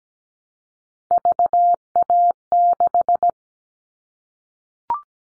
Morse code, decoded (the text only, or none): VA6